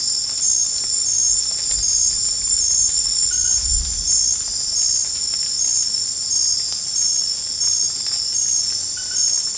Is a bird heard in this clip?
no